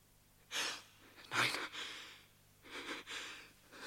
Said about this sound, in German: Lächerlich, dieses Schnarchen. Dieser massige Hals, die verwelkte Fratze. Aber es ist ein Mensch. Er atmet.